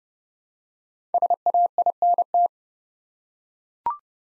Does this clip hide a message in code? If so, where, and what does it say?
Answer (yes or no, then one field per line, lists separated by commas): yes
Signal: Morse code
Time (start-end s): 1.1-2.5 s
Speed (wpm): 30 wpm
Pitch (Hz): 700 Hz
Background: none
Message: SAINT